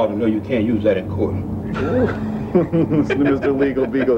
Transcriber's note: laughter